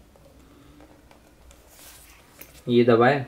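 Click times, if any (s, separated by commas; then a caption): none. A diary lock's clasp is inserted and lined up in its catch before locking, giving only light handling sounds with small taps near 1.1, 1.5 and 2.4 seconds. Nothing has seated or clicked yet, and someone talks at the end.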